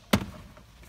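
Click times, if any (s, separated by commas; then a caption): 0.1 s. The left side of the plastic glove box in a 2013/14 Subaru WRX / Impreza dashboard is pulled upward and toward the installer, and its retaining clip pops free with a single sharp snap at 0.1 s. A much fainter tap follows at about 0.6 s. The glove box is being removed so a cable for a Kenwood DDX917WS unit can be routed up into the center console.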